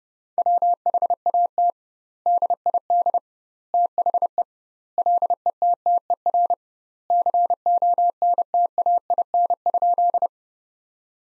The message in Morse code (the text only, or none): WHAT DID THE LETTER CONTAIN?